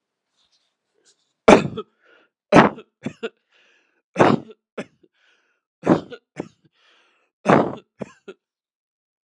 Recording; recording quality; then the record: heavy voluntary cough; excellent, no background noise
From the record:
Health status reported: exposed to COVID-19, no respiratory illness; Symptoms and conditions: none ticked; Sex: male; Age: 53 years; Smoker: not ticked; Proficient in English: yes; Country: United States